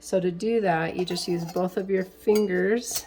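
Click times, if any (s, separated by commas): none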